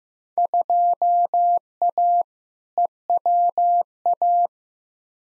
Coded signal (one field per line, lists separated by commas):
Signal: Morse code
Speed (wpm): 16 wpm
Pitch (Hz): 700 Hz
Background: none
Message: 2A EWA